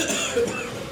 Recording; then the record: coughing mixed with background sound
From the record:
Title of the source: Spring Cold Coughing.